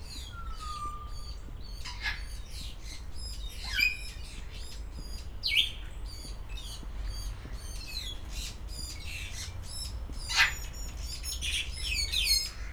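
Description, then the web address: Grey parrot calls: a smooth low whistle early on, then scattered harsh squawks and short chirps in bursts, with a steady low hum underneath. Captive birds at a zoo in Szeged, recorded 2011. "szegedizoo. jakopapagaj"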